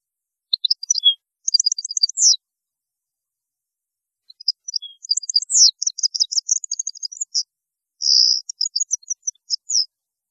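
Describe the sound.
European goldfinch song, a fast high twitter of clipped chirps and short buzzy trills, starting with a brief phrase and then running on almost unbroken for several seconds.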